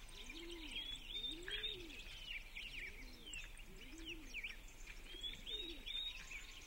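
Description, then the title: Birds chirping and twittering in a high chorus, with soft repeated dove-like coos underneath and a low steady background hum. Birds chirping at dawn in a village. "The chirping of birds at dawn in the village"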